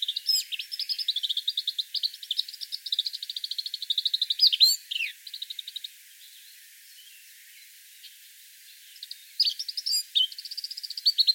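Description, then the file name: Eurasian blackcap delivering a fast continuous run of high twittering notes with sharp squeaky sweeps, then a lull of about four seconds before the rapid chatter starts again. "Sylvia atricapilla"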